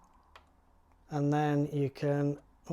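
A small mounting screw for an Aqara U200 smart-lock adapter is turned anticlockwise by hand at the lock mounting plate on a door, to find the start of the thread. A faint tick is heard near 0.4 s, and then someone talks. Nothing has seated or clicked yet.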